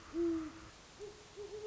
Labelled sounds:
Great Horned Owl (Bubo virginianus)
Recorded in Sonoma County, California

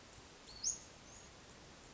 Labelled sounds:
Western Flycatcher (Empidonax difficilis)
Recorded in Sonoma County, California

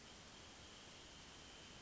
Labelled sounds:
Wrentit (Chamaea fasciata)
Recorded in Sonoma County, California

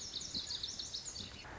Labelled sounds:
Lazuli Bunting (Passerina amoena)
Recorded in Sonoma County, California

